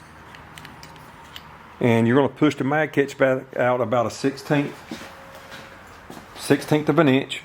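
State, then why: Not seated. A magazine catch is dropped through the frame of a Springfield Prodigy 1911 pistol and positioned, to be pushed back out about a sixteenth of an inch before a screwdriver turns its screw. A few light handling ticks sound between about 0.3 and 1.4 seconds, then someone talks. Nothing has seated or clicked yet.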